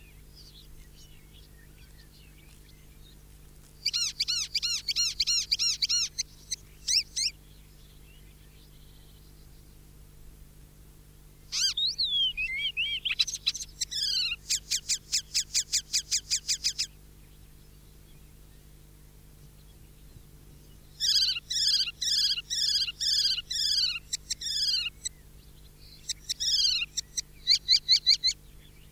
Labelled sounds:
Icterine Warbler song

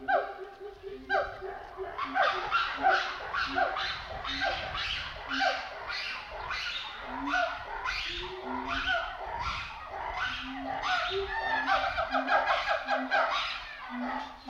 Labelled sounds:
Siamang

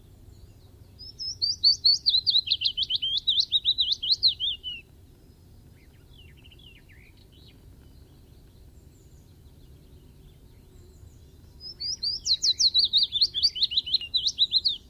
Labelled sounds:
Willow Warbler song

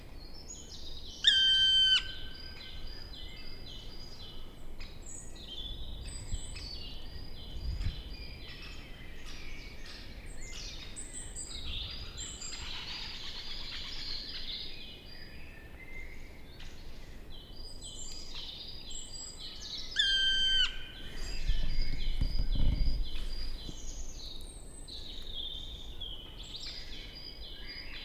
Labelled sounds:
Black Woodpecker flight call

